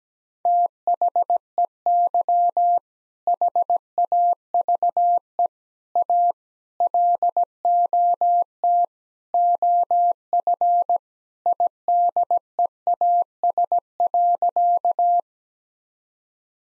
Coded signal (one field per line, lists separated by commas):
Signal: Morse code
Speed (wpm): 17 wpm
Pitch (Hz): 700 Hz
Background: none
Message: THEY HAVE A LOT OF IDEAS.